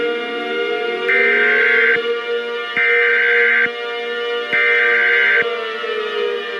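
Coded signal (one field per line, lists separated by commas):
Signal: Emergency Alert System (SAME) tones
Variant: header bursts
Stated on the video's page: Simulated EAS scenario of an overdue solar strike.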